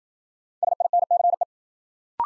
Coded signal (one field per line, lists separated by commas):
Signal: Morse code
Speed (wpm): 54 wpm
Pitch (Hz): 700 Hz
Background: none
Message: SINCE